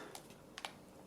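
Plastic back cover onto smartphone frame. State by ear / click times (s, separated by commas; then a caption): seated / 0.6 s, 0.7 s. A plastic back cover is pressed back onto the frame of an Acer Liquid Zest 4G smartphone. After a faint tick at 0.1 s, two sharp snaps land at 0.6 s and 0.7 s as the cover clips in. It seats easily.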